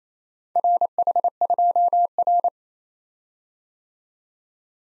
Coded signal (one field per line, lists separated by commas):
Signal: Morse code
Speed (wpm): 30 wpm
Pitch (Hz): 700 Hz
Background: none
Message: RH2R